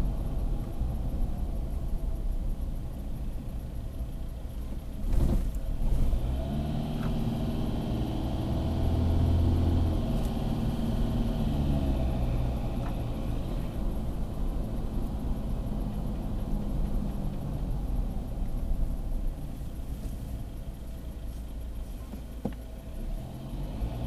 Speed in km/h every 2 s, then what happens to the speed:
28, 17, 14, 23, 32, 40, 42, 38, 33, 20, 8, 7.
0-4 brakes to 14. 4-10 speeds up to 40. 12-20 brakes to 8.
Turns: none.